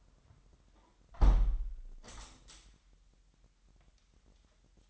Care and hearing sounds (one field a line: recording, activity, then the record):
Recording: daily activity, microphone in the room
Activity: close window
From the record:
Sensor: 3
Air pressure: 998.1 hPa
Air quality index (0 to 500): 148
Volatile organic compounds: 5 ppm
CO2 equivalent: 1764 ppm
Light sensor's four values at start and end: 13/39/15/14 and 13/39/15/14